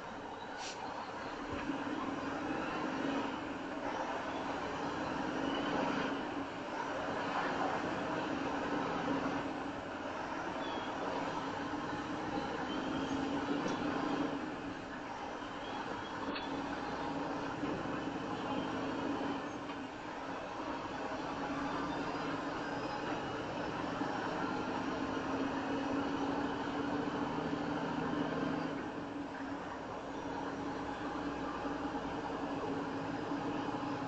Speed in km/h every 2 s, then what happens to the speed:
3, 6, 6, 10, 11, 15, 18, 19, 23, 29, 31, 32, 35, 39, 40, 42, 45.
0-34 speeds up to 45.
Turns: none.